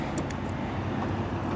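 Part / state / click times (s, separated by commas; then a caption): refrigerant can quick-connect coupler onto the AC low-pressure service port / not seated / none. A refrigerant can's quick-connect coupler is pushed down onto a car's AC low-pressure service port and released. Against a steady low background rumble, a short thud sounds at about 0.3 s, but the coupler fails to catch on the port, and nothing has seated or clicked yet.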